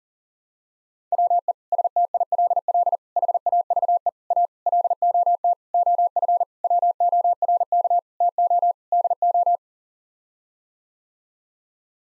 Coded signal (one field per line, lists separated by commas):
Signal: Morse code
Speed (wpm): 37 wpm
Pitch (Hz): 700 Hz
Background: none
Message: WE STILL HAVE A LOT OF WORK TO DO